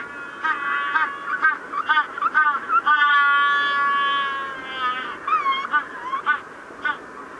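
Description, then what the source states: Magellanic penguin bray: a run of quick pulsed honks building into a long, loud harmonic note, then more stuttering honks. Evening chorus of Magellanic penguins.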